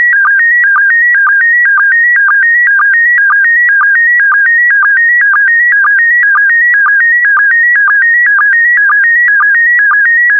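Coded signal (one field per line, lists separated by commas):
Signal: SSTV (slow-scan television)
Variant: PD120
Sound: warbling tone shifting between pitches, with a low chirp roughly twice per second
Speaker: transmission complete you can now check your decoded image against the picture that is shown on the video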